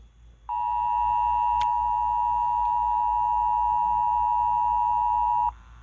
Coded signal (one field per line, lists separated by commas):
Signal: Emergency Alert System (SAME) tones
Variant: 853 and 960 Hz attention tone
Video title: EAS #62-64: KDKA RWT || 6/13/21